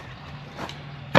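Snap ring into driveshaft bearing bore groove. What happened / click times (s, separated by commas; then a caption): The snap ring clip snapped in but only partly seated / 1.2 s. A steel snap ring is worked into its groove in the driveshaft bearing bore on the midsection of a Yamaha 300 outboard, after it needed another 1/8 inch to go in. Over a steady low hum, there is a soft knock near 0.7 s and then a sharp metallic snap at 1.2 s. The clip is only partly seated, because its bottom half has not gone all the way into the groove.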